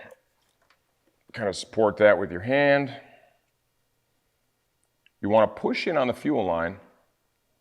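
A fuel line quick connector is being handled at the fuel tank pump fitting on a Yamaha R7 while someone talks, with faint ticks around 0.7 s and 5.1 s. Nothing has seated or clicked yet; the clip ends before the connector's release tabs latch onto the pump outlet.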